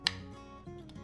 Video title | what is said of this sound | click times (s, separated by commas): Beginner's Guide: Black Bosch Universal Plus Mixer | are going to take this top piece and connect it with the corresponding arm until you hear it click. | 0.1 s